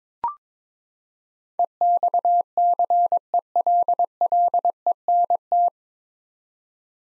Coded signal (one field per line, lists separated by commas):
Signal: Morse code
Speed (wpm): 22 wpm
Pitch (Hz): 700 Hz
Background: none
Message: EXCELLENT